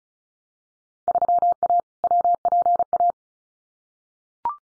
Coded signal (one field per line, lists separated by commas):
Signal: Morse code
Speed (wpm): 34 wpm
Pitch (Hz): 700 Hz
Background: none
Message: 3A WPA